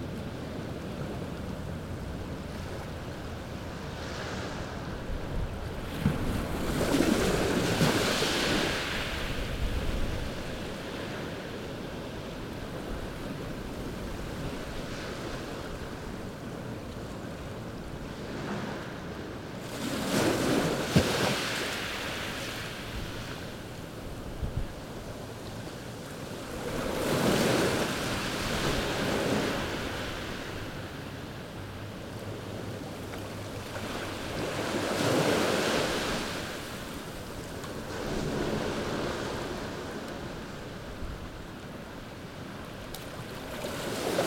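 Waves crash on a beach in a steady rolling rhythm. A fuller surge breaks roughly every seven or eight seconds, loudest near the 7, 20, 27 and 35 second marks. Between breaks a constant low rumble and hiss of surf carries on, with some wind noise.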